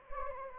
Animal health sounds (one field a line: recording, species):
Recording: mosquito wingbeat signal from an infrared sensor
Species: Anopheles gambiae